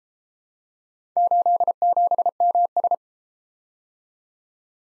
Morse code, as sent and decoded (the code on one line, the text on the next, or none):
---.. --... -- ...
87MS